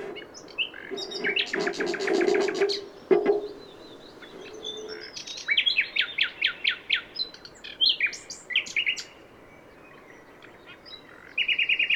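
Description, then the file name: Common nightingale song: rapid buzzy rattling trills, a low churring phrase, then a fast series of loud whistled notes and a closing high trill. "Luscinia megarhynchos"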